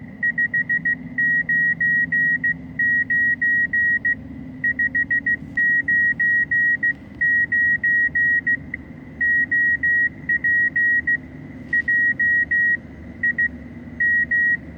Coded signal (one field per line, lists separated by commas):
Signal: Morse code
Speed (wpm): 15 wpm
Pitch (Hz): 1900 Hz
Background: none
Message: 599 599 OP JIM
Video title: Ten Pieces of Radio Prepping Advice.